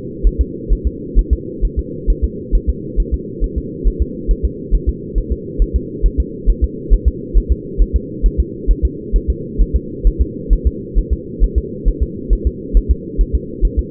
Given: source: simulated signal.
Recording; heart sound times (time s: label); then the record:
fetal heart sounds
0.27 s: S1
0.41 s: S2
0.72 s: S1
0.87 s: S2
1.19 s: S1
1.33 s: S2
1.65 s: S1
1.79 s: S2
2.10 s: S1
2.24 s: S2
2.55 s: S1
2.69 s: S2
3.00 s: S1
3.14 s: S2
3.44 s: S1
3.58 s: S2
3.88 s: S1
4.02 s: S2
4.31 s: S1
4.45 s: S2
4.75 s: S1
4.89 s: S2
5.18 s: S1
5.32 s: S2
5.62 s: S1
5.76 s: S2
6.06 s: S1
6.20 s: S2
6.50 s: S1
6.64 s: S2
6.94 s: S1
7.08 s: S2
7.38 s: S1
7.52 s: S2
7.82 s: S1
7.96 s: S2
8.26 s: S1
8.40 s: S2
8.71 s: S1
8.85 s: S2
9.16 s: S1
9.30 s: S2
9.61 s: S1
9.76 s: S2
10.07 s: S1
10.22 s: S2
10.53 s: S1
10.67 s: S2
10.98 s: S1
11.13 s: S2
11.44 s: S1
11.58 s: S2
11.88 s: S1
12.03 s: S2
12.33 s: S1
12.47 s: S2
12.77 s: S1
12.91 s: S2
13.21 s: S1
13.35 s: S2
13.65 s: S1
13.79 s: S2
From the record:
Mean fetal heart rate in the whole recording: 135 bpm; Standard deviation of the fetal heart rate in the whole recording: 3 bpm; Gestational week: 36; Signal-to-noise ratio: -4.1 dB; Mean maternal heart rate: no maternal heart sound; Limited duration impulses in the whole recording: absent